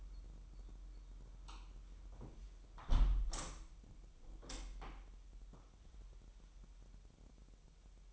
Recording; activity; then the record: daily activity, microphone in the room; close window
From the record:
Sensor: 1